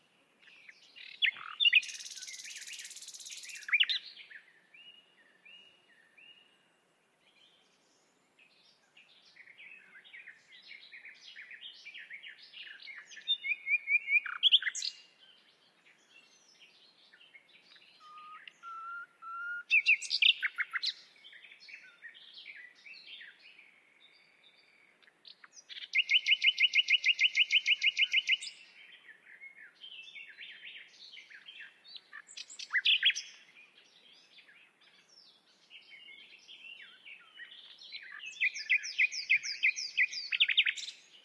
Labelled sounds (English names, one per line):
Common Nightingale song